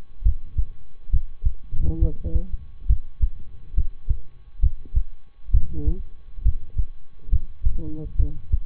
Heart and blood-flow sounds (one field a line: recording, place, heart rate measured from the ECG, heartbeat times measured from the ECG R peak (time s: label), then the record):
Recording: heart sounds by stethoscope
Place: between the tricuspid and mitral areas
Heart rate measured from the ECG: 68 bpm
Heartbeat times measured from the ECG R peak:
0.22 s: heartbeat
1.09 s: heartbeat
1.98 s: heartbeat
2.86 s: heartbeat
3.73 s: heartbeat
4.59 s: heartbeat
5.50 s: heartbeat
6.42 s: heartbeat
7.28 s: heartbeat
8.15 s: heartbeat
From the record:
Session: rest, lying down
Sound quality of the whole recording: good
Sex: male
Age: 23 years